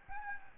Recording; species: mosquito wingbeat signal from an infrared sensor; Aedes albopictus